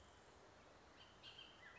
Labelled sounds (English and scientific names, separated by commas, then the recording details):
Bullock's Oriole (Icterus bullockii)
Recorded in Sonoma County, California